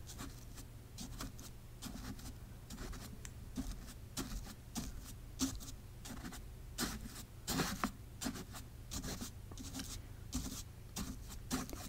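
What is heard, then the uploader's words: Brush strokes painting on a face: short, soft rubbing and scraping swipes come every half second or so, some brighter and sharper, clustering around the middle. A steady low hum runs underneath the whole time. Painting On Your Face.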